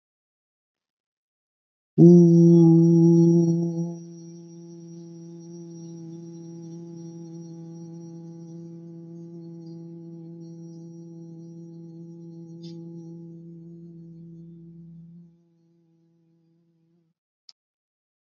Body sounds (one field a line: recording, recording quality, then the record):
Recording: sustained vowel as in boot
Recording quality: excellent, no background noise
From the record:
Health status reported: healthy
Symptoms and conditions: fatigue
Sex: male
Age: 39 years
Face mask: not worn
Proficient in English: yes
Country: India